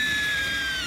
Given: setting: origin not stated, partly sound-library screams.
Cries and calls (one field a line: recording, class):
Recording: one-second piece from a danger detection set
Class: woman in danger